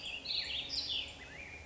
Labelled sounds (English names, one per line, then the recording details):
Black-headed Grosbeak
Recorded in Sonoma County, California